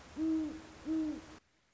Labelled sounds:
Great Horned Owl (Bubo virginianus)
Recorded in Sonoma County, California

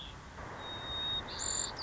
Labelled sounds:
White-crowned Sparrow (Zonotrichia leucophrys)
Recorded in Sonoma County, California

